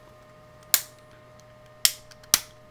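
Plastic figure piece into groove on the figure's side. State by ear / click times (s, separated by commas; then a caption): seated / 0.7 s, 1.8 s, 2.3 s. Plastic pieces of a Transformers Animated Leader Bulkhead action figure are pressed into the grooves on the figure's side, which can be a little tough. Three sharp, bright snaps ring out at 0.7, 1.9 and 2.3 seconds over a quiet background with a faint steady hum. The pieces pop in and seat in the grooves.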